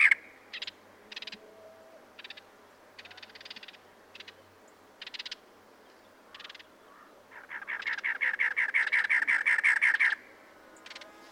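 Cactus wren song near the end, a fast harsh chatter of repeated raspy notes, preceded by scattered short scratchy bursts.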